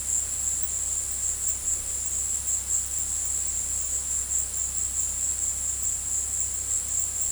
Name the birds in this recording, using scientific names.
none